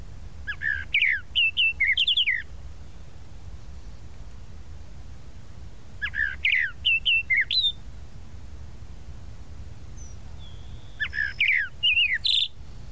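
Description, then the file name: Tropical mockingbird song in three bursts, each a quick jumble of varied whistled and chirping notes, separated by pauses of a few seconds; faint low hum underneath. "Canto-do-Sabiá-da-Praia"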